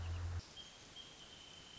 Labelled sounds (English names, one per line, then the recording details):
Wrentit
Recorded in Sonoma County, California